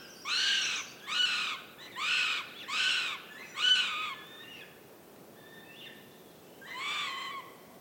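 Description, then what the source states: Northern goshawk chicks giving loud harmonic wailing begging calls, five in quick succession, a few faint notes, then one more wail near the end. Chicks at the nest in forest, fighting and begging for food; calls echo; overnight recording, Central Sweden, 29 June 2018.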